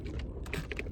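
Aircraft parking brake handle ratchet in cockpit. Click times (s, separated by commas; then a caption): 0.5 s, 0.7 s, 0.8 s. A student pulls an aircraft parking brake handle further in the cockpit, and its ratchet clicks at 0.5, 0.7 and 0.8 seconds as it seats into the second notch, confirmed right afterwards. Low rumble runs underneath, and no one talks during the clip.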